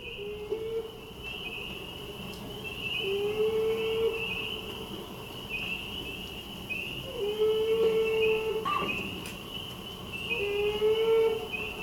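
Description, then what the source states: Beaver crying in long, low, plaintive whines that rise and then hold, repeated about four times. Male beaver, calling in mourning.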